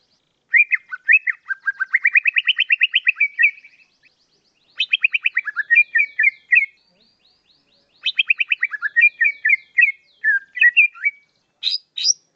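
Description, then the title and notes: Bird song: three long phrases of rapid, repeated chirping notes, some rising and falling in pitch, separated by short pauses, then a few final notes, with a quiet background. Bird song meant for training pet songbirds. "Suara Kicauan Burung untuk memaster burung kesayangan"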